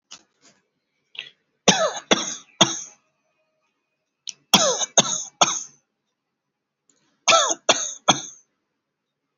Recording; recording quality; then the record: shallow voluntary cough; excellent, no background noise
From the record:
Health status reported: healthy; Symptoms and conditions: hypertension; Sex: male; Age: 48 years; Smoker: not ticked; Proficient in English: yes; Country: India